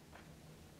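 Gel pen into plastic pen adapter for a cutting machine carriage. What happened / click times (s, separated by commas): The pen is being pushed into the adapter but has not snapped home yet / none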